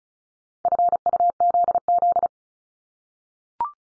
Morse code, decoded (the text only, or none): FUZZ